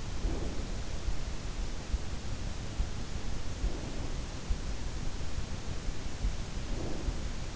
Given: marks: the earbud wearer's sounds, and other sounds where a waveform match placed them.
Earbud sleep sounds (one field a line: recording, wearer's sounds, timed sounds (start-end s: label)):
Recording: sounds in sleep by an in-ear microphone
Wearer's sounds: breath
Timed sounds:
0.00-1.49 s: breath
3.49-4.66 s: breath
6.27-7.56 s: breath